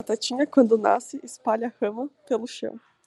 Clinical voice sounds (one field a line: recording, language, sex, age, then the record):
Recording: short text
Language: Brazilian Portuguese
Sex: female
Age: 20 to 29 years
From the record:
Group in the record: control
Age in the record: 21 years